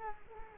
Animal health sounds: mosquito wingbeat signal from an infrared sensor; Culex quinquefasciatus

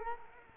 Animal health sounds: mosquito wingbeat signal from an infrared sensor; Culex quinquefasciatus

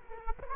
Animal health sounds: mosquito wingbeat signal from an infrared sensor; Culex quinquefasciatus

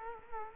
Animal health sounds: mosquito wingbeat signal from an infrared sensor; Culex quinquefasciatus

